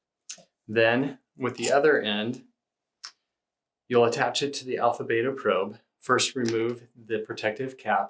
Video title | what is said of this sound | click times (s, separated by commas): Alpha-Beta Probe Operation Training | the cable connector until you hear an audible click | 0.3 s